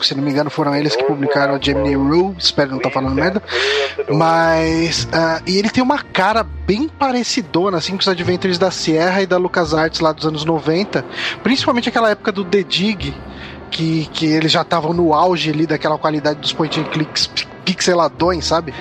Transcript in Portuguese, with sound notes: Se eu não me engano, foram eles que publicaram Gemini Rue, espero não tá falando merda. [risos] Mas… E ele tem uma cara bem parecidona assim com os adventures da Sierra e da LucasArts lá dos anos 90, principalmente aquela época do The Dig, que que eles já estavam no auge ali daquela qualidade dos point and clicks pixeladões, sabe?